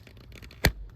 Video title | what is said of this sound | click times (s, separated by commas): DIY Replacing Oil Pressure Sender Switch - 1999 - 2007 Chevy LS Block 5 3 | Hear that beautiful little click? | 0.6 s